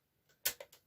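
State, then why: Seated. After the secondary yarn is laid into the yarn feeder on a KH940 knitting machine carriage, the feeder gate is closed and clicks shut with a sharp, loud tick at 0.5 s. It is preceded by a faint tick near 0.3 s and followed by two softer ticks at 0.6 s and 0.7 s. The gate is seated.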